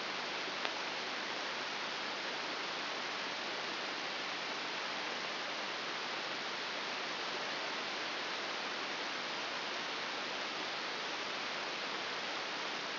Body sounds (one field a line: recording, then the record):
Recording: brain microelectrode recording played as sound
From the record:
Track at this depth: inside the subthalamic nucleus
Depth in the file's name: 5.001 mm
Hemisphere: right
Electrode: 3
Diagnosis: Parkinson's disease